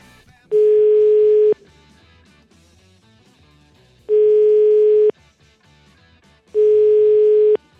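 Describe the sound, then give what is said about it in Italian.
A telephone ringing tone sounds while a phone call is placed to someone in La Spezia, Italy: three steady, low-pitched beeps about a second long each, separated by gaps of near silence, with no voices. “Vogliamo fare una telefonatina?”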